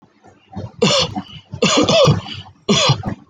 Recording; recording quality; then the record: heavy voluntary cough; excellent, no background noise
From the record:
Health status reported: healthy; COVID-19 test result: not tested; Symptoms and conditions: none ticked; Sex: male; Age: 22 years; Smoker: not ticked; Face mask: worn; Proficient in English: yes